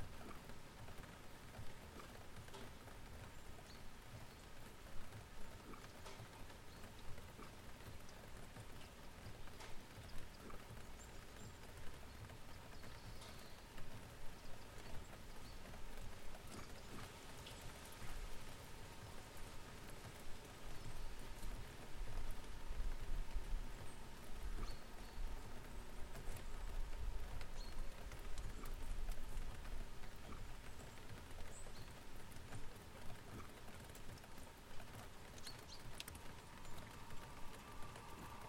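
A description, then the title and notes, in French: Steady rain falls in a dense, even hiss, with scattered drops ticking sharply on a surface. A low rumble runs underneath throughout, swelling slightly between about twenty and thirty seconds, possibly traffic. Jour de pluie. Discrètes percussions ou martèlements plus marqués, la nature change au gré de la lumière filtrée par les nuages, les odeurs humides montent et l'on reste tranquillement à l'abri. Bruit blanc de pluie.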